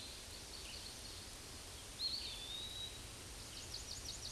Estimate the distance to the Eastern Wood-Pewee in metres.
about 45 m